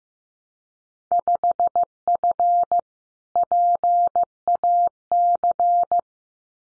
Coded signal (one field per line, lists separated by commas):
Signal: Morse code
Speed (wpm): 15 wpm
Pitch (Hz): 700 Hz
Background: none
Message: 5F PAC